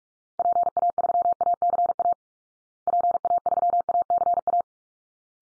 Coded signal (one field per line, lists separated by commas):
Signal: Morse code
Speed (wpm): 44 wpm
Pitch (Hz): 700 Hz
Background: none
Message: PA3ACA PA3ACA